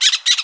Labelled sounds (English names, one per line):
Brown-throated Parakeet contact call